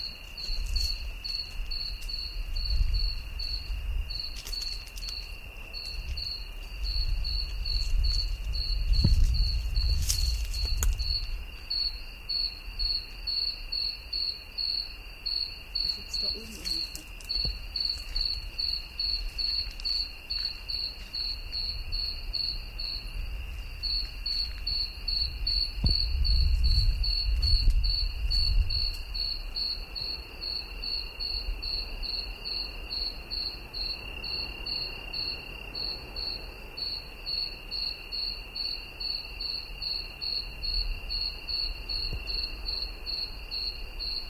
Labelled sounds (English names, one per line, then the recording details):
Two-spotted Cricket stridulation
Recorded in the wild
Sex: male
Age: imago
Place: Chania, Insel Kreta, GR
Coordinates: 35.5164, 24.0189
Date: 1996-10-12 21:00
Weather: 17°C, cloudy
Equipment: Sony MD-WM MZ-R3, Sennheiser MKH 416 T, Kopie Uher 4000 Report Monitor
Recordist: Tembrock, Günter